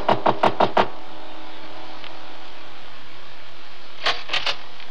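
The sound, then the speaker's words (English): Someone raps on the front door of a house five times in quick succession, then after a long pause knocks again with a shorter burst of three or four sharp, hollow knocks over a low, steady hum. “I calmly walked to the front door. I could feel the bulge of Ralph's gun under my jacket. I took a deep breath and knocked.”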